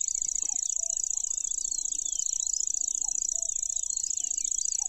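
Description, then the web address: Lanceolated warbler reeling steadily in a fine high insect-like trill, with twittering birds and a low whistled note repeated every few seconds. "makinosennyuu"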